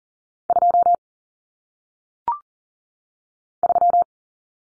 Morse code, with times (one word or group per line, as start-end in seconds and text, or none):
0.5-0.9 2
3.6-4.0 3